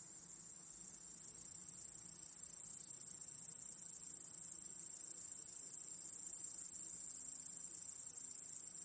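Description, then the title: Cricket chorus: an unbroken high-pitched trill rising in loudness over the first seconds and holding steady afterwards. Cricket chorus in a home backyard at night. "Crickets in Your Backyard. Discovering the Sounds of Home"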